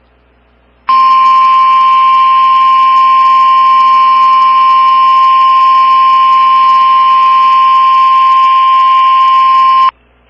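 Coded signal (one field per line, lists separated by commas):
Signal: Emergency Alert System (SAME) tones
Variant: 1050 Hz attention tone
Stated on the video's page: Multiple EAS alerts from Illinois.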